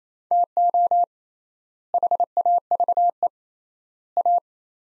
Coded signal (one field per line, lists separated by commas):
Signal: Morse code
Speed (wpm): 28 wpm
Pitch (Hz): 700 Hz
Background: none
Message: TO HAVE A